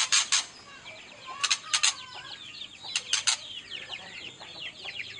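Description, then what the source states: White-rumped shama song: varied whistled notes, some sliding and rising, mixed with loud sharp clicking bursts throughout. Actively singing (gacor) white-rumped shama used as a lure to make other birds respond at once.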